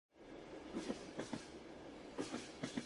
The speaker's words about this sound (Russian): Через несколько минут посадка закончилась, поезд дернулся, медленно покатил по рельсам и опять застучали колеса.